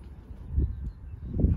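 A wiper blade is lined up and fitted onto the wiper arm hook before being pushed down and seated. Low handling rustles build to soft bumps around 0.6 s and 1.4 s, against a quiet outdoor background. Nothing has seated or clicked yet.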